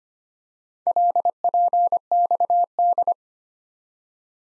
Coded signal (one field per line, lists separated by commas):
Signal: Morse code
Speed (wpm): 25 wpm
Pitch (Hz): 700 Hz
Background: none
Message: LPXD